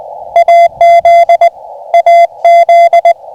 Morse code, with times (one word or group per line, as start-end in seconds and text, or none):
0.4-1.5 AZ
1.9-3.1 AZ